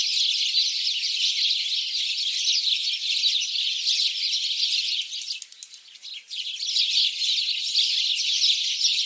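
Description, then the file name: House sparrows chirping as a dense, continuous chorus of overlapping high chirps, briefly thinning to a lull about two-thirds through before resuming. "Passer domesticus"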